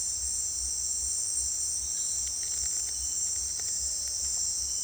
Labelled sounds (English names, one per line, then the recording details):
none
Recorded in dense forest near Puerto Asís, Putumayo, Colombia, on 29 June 2025 at 17:30
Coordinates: 0.468, -76.322
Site GP03